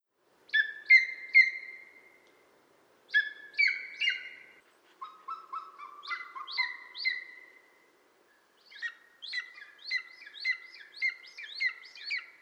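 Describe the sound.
Bird song in separate bursts of clear whistled and chirped notes, some phrases dropping lower, the last burst a fast, jumbled sequence; quiet background between bursts.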